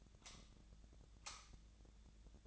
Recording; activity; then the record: daily activity, microphone in the room; light off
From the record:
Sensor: 3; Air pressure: 1009.8 hPa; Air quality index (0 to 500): 190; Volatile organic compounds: 14 ppm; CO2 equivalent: 2472 ppm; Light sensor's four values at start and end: 44/116/49/50 and 38/95/41/43